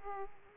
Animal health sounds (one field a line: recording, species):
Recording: mosquito wingbeat signal from an infrared sensor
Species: Aedes aegypti